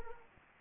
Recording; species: mosquito wingbeat signal from an infrared sensor; Anopheles arabiensis